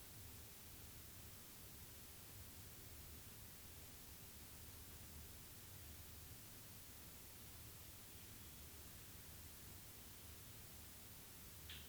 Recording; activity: daily activity, guitar pickup as the sensor; sit